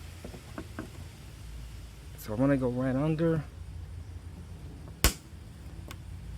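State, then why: Released. A small screwdriver is worked under the plastic retaining clip in the rear bumper spacer of a 2010 Honda CR-V, prying it loose rather than breaking it off. Someone talks, then a single sharp, loud pop at 5.0 s marks the clip popping out, released intact.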